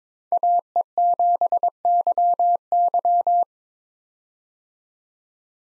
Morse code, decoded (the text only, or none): AE7YY